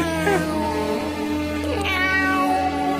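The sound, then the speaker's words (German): A cat meows a few times, its rising and falling cries riding over a steady low hum that runs throughout. “Na, schau hier, wie die Katze am Tanzen.”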